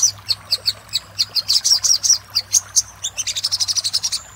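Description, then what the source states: Little spiderhunter: spaced high sharp notes that speed up into a rapid trilled run; soft low hum beneath. Master recording used for training cage birds.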